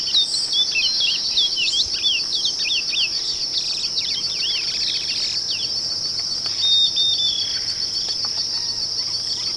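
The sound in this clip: Bird calls: a rapid run of looping chirps early on, then a thin whistle, all over a continuous high-pitched insect buzz.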